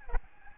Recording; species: mosquito wingbeat signal from an infrared sensor; Aedes albopictus